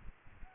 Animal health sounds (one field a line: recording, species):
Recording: mosquito wingbeat signal from an infrared sensor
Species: Aedes aegypti